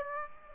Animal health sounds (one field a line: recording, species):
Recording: mosquito wingbeat signal from an infrared sensor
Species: Aedes aegypti